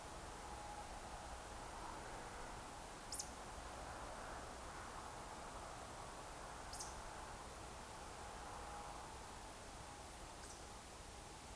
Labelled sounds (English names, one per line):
Eurasian Woodcock